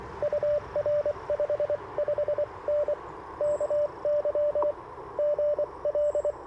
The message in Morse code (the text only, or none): UR 55N KY GL